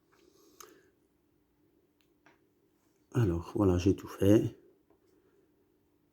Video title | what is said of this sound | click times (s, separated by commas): demonter une poignée amovible de vos poêles et casseroles ! | et vous le faites, et après ça se clipse. Tac, d'accord? | 0.6 s